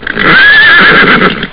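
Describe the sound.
Pony whinny: a single sustained, slightly wavering neigh lasting over a second, with a rough low-fidelity sound.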